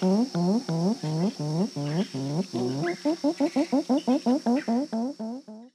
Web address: Natures Songs S America Eastern Lowlands Psophia crepitans, songs 2 birds